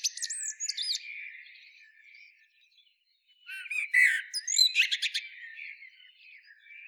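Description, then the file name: Common blackbird singing, a burst of squeaky, high twittering notes, a pause of about a second, then a louder run of chattering, scratchy phrases. "Turdus merula"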